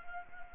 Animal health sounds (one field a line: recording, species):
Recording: mosquito wingbeat signal from an infrared sensor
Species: Anopheles gambiae